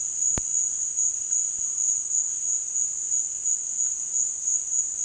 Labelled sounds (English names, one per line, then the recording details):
none
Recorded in dense forest near Puerto Asís, Putumayo, Colombia, on 22 June 2025 at 15:30
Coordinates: 0.466, -76.327
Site GP04